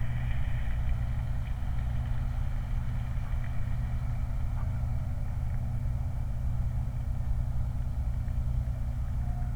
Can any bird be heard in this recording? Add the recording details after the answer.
no. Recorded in the Prudhoe Bay oil fields, Alaska, on 29 July 2019. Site 29